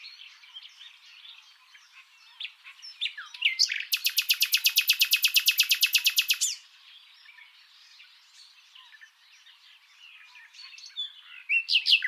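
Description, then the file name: Common nightingale delivering a long, loud machine-gun rattle lasting nearly three seconds, amid softer twittering before and after. "Luscinia megarhynchos"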